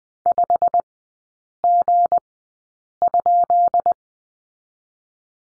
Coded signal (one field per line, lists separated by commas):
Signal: Morse code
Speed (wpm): 20 wpm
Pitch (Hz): 700 Hz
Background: none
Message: 5G?